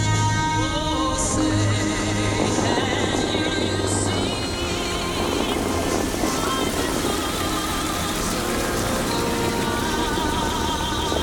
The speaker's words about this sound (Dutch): De gigantische fontein bij het Bellagio Hotel, met elk kwartier een waterballet in een woestijnstad. Volgens mij gaat het beginnen.